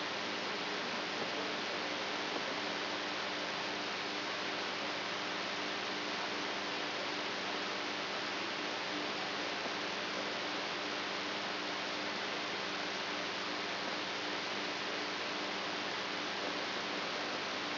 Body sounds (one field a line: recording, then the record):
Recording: brain microelectrode recording played as sound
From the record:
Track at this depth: inside the subthalamic nucleus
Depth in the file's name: 5.312 mm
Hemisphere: right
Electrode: 3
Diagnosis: Parkinson's disease